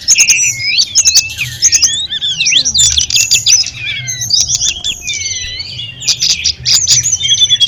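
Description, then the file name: Sunda robin song, a run of sweet high whistles, slurred notes and quick trills, with several birds overlapping in quick succession. Five birds singing together in a gathering. "audio-gathering-5-ekor-tledekan"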